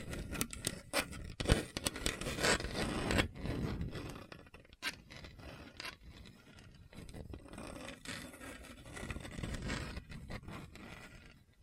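Hard scratching over a bumpy surface, with sharp scraping bursts in the first four seconds, then a steadier rough rasping that rises and falls.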